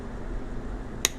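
The red locking tab on a harness connector for a Borg Warner governor pressure solenoid and transducer on a Dodge Ram Van is pushed down until it clicks at 1.1 s, a single sharp snap over low steady background noise. The tab releases so the plug can be removed from the solenoid/transducer.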